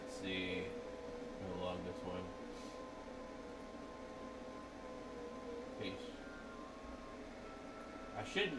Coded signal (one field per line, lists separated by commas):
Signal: FT8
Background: speech